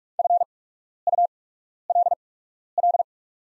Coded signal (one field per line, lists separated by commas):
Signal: Morse code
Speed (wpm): 45 wpm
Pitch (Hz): 700 Hz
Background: none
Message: FULL